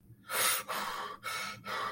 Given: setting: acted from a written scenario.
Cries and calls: vocal sound without words; fear

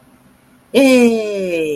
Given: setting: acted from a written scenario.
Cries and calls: vocal sound without words; positive surprise

